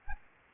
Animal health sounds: mosquito wingbeat signal from an infrared sensor; Anopheles arabiensis

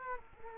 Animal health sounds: mosquito wingbeat signal from an infrared sensor; Culex quinquefasciatus

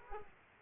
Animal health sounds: mosquito wingbeat signal from an infrared sensor; Aedes aegypti

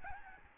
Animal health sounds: mosquito wingbeat signal from an infrared sensor; Aedes albopictus

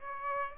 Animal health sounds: mosquito wingbeat signal from an infrared sensor; Aedes aegypti

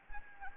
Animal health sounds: mosquito wingbeat signal from an infrared sensor; Anopheles arabiensis

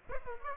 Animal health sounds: mosquito wingbeat signal from an infrared sensor; Aedes aegypti

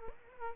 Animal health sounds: mosquito wingbeat signal from an infrared sensor; Aedes aegypti

